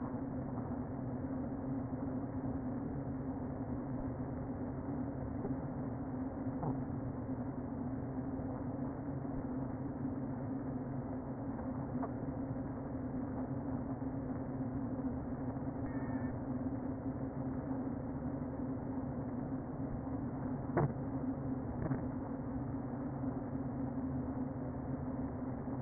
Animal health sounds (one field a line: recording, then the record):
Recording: honeybee colony, microphone inside the hive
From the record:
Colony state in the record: queen present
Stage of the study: before two queens were removed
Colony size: about 60,000 bees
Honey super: yes